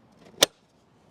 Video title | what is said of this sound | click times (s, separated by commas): Starlink Pivot Mount - Installation and Review | you simply Slide the mask plate into position and it snaps in place | 0.4 s